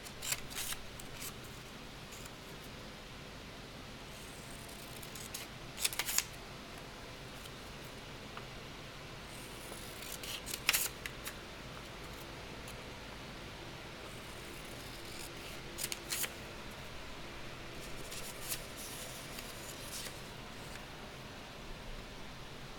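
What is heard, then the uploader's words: Candle dressing work: soft shuffling and small handling sounds over a steady low hiss that runs the whole time. Brief sharp clicks and scrapes stand out near 6, 11, 16 and 19 seconds, with lighter rustles scattered between them. Candle dressing, shuffling, and cutting sounds.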